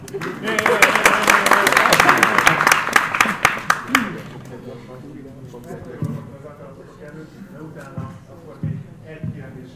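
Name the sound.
audience applause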